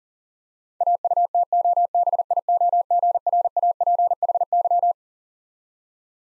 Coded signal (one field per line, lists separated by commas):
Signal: Morse code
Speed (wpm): 40 wpm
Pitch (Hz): 700 Hz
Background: none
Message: AUTOBIOGRAPHY